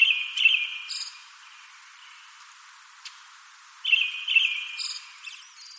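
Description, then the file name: Brown-headed thrush song: long, slightly wavering whistled notes on a level pitch, given twice about four seconds apart, each trailing into soft chattering notes. "akahara"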